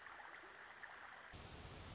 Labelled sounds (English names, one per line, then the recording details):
Orange-crowned Warbler
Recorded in Sonoma County, California